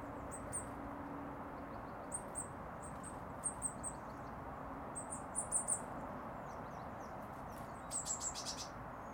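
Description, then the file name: Eurasian blue tit giving high, sharp call notes in small clusters throughout, with faint clicks and a low hum underneath. "Cyanistes caeruleus"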